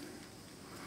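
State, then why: Not seated. The shift mechanism of a Nexus 8-speed bicycle internal gear hub is placed back exactly on the hub and turned into position. Only a steady, even broadband noise is heard throughout, with no distinct sharp sounds. Nothing has seated or clicked yet.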